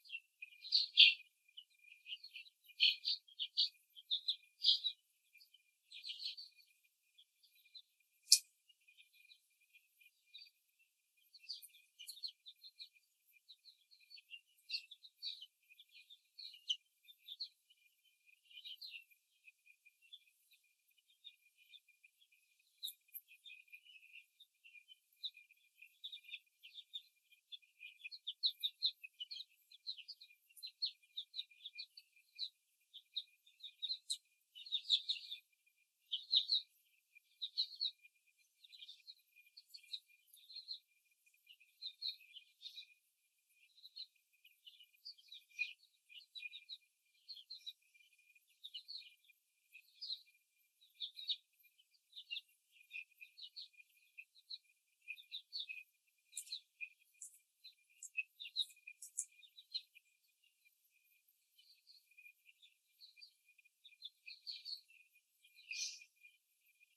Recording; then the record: young laying hens in a cage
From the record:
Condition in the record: before the stressor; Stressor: simulated dog barking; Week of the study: 3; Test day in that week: 2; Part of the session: 4